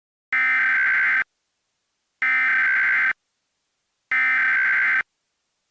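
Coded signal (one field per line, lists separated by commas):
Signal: Emergency Alert System (SAME) tones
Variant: header bursts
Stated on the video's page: Fictional satirical EAS scenario based on Half-Life and SCP, with valid SAME headers, made with EASyKIT.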